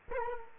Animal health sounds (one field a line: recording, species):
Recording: mosquito wingbeat signal from an infrared sensor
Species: Culex quinquefasciatus